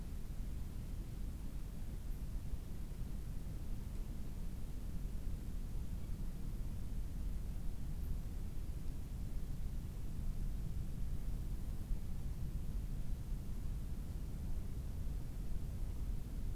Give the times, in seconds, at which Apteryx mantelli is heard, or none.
none